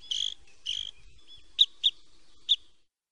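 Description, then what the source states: Red crossbill calls: a few short sharp high chips, given singly and in a quick pair, after two brief notes at the start. Breeds in Liepāja forests.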